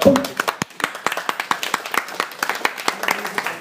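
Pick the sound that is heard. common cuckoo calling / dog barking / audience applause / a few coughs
audience applause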